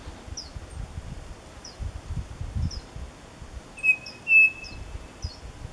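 Bird calling with faint high chirps at an irregular pace, then a pair of steady, flat whistled notes; some low rustling in the background.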